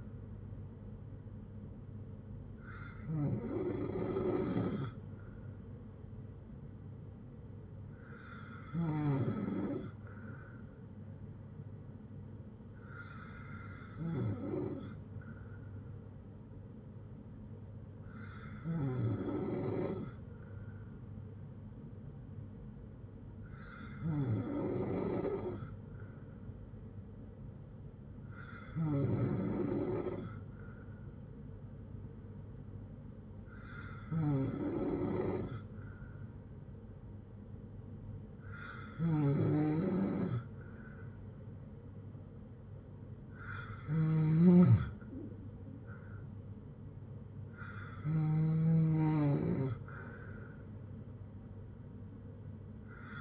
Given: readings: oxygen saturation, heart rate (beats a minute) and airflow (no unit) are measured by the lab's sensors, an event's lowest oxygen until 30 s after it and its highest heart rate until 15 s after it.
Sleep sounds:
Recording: breathing in sleep by a smartphone at the bedside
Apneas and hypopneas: none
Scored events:
1.00-31.00 s: new sleep stage, N3 (deep sleep)
31.00-53.21 s: new sleep stage, N2 (light sleep)
From the record:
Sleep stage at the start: N2 (light sleep)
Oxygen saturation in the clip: 93 to 95%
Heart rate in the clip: 56 to 72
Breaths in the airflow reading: 11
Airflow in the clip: -7.4 to 4.7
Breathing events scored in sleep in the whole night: 182 in 7.4 hours asleep

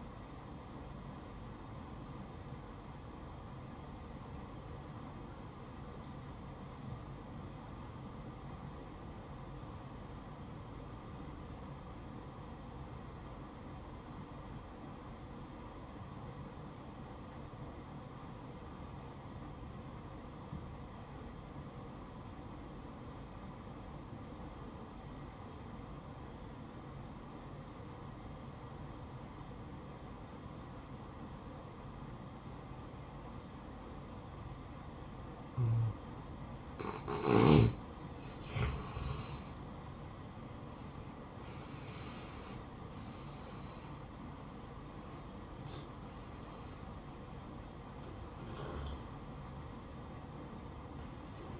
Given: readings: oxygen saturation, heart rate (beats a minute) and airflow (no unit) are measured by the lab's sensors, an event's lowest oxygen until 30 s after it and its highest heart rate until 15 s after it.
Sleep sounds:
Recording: breathing in sleep by a smartphone at the bedside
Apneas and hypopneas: 1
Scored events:
3.00-40.30 s: obstructive apnea (N1, oxygen 95% highest, then 86% lowest, heart rate 65 at the start, 73 highest)
41.00-51.60 s: new sleep stage, N2 (light sleep)
From the record:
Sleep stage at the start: N1 (lightest sleep)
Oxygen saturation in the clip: 85 to 95%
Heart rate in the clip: 61 to 73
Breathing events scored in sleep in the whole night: 573 in 9.8 hours asleep

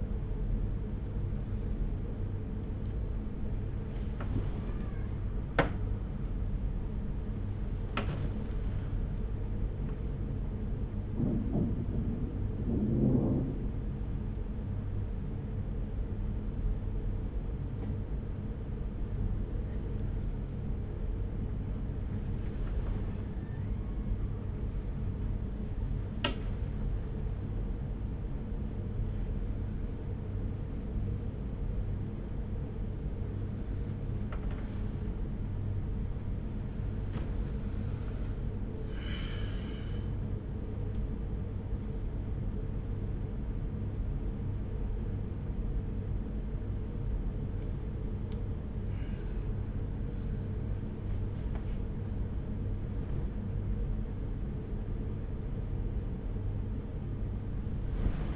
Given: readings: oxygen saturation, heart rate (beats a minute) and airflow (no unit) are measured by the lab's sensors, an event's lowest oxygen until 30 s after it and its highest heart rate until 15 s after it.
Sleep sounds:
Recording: a person awake in a sleep study, by a smartphone at the bedside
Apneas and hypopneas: none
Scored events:
0.00-58.36 s: awake
0.00-58.36 s: awake
From the record:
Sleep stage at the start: awake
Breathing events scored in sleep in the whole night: 210 in 6.9 hours asleep

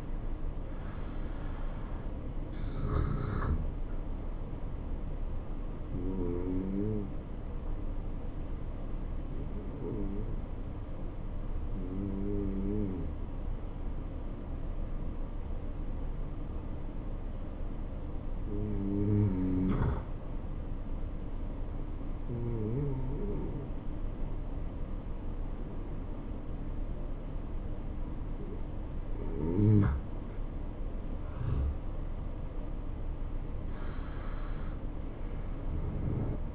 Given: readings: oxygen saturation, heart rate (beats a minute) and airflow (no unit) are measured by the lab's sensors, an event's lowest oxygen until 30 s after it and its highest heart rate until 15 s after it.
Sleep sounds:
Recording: breathing in sleep by a smartphone at the bedside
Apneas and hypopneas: 1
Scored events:
4.00-30.00 s: hypopnea (N2, oxygen 95% highest, then 89% lowest, heart rate 71 at the start, 72 highest)
From the record:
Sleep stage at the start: N2 (light sleep)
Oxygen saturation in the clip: 86 to 95%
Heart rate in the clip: 67 to 72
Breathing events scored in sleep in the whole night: 277 in 7.4 hours asleep

